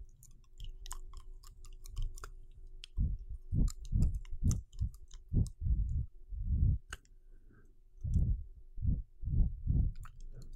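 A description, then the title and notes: Wet mouth sounds with chewing and soft smacking, starting quietly and then coming as a run of low, thick bursts from about three seconds on, roughly one or two per second. Thin clicks and crisp lip pops dot the top. ULTRA HD MOUTH SOUNDS.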